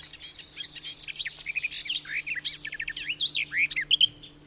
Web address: agykontroll Madardalok Cd 2. Kerti poszáta